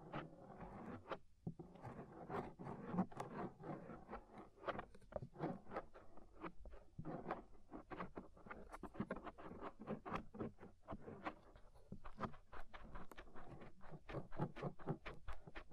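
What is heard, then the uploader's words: Dry scraping and scratching fills the whole stretch, a dense run of short rasping strokes a few times per second with brief pauses near one and twelve seconds. The sound is low rubbing under crisp bright ticks. Inner and Outer Ear Scraping (No Talking).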